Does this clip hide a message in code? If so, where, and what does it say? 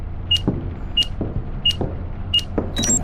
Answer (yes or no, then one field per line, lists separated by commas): no